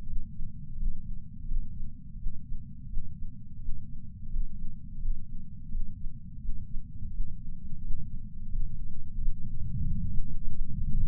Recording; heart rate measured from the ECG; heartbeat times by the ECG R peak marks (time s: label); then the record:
heart sounds by patch sensor on the chest; 86 bpm
0.08 s: heartbeat
0.79 s: heartbeat
1.48 s: heartbeat
2.19 s: heartbeat
2.89 s: heartbeat
3.61 s: heartbeat
4.32 s: heartbeat
5.02 s: heartbeat
5.72 s: heartbeat
6.41 s: heartbeat
7.13 s: heartbeat
7.82 s: heartbeat
8.51 s: heartbeat
9.19 s: heartbeat
9.87 s: heartbeat
10.53 s: heartbeat
From the record:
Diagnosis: coronary artery disease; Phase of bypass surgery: preoperative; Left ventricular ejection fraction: 50.8%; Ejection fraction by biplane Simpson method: 50%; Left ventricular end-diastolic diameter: 50 mm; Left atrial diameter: 32 mm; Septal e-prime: 7.2 cm/s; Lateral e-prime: 9.1 cm/s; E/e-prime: 8.5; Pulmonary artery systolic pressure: 23 mmHg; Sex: male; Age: 65 years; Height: 170 cm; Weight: 65 kg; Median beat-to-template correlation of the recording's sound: 0.75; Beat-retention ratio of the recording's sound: 0.96